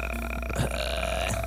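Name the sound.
imitated snoring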